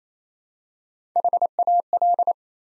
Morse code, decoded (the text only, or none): HAL